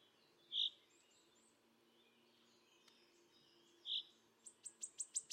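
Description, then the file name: Wood warbler song: two soft blurred notes, then the opening of a high, accelerating ticking trill at the end. "Mathias Ritschard - Penochka-trecshotka Phylloscopus sibilatrix"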